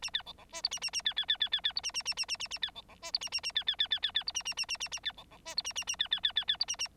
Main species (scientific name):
Lonchura striata domestica